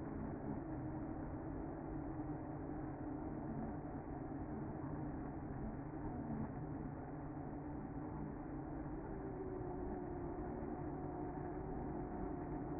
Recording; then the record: honeybee colony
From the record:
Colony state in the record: active